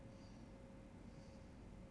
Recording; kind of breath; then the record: one breath in and out by a microphone near the nose and mouth; normal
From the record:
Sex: male